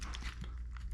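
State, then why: Not seated. Pins of the wiring for a 72V Macfox e-bike motor/controller are lined up and pushed into a multi-pin connector housing with its rubber seal peeled back. Faint crinkly handling noises sit over a steady low hum, with short sharp ticks near 0.0 s and 0.2 s. Nothing has seated or clicked in yet.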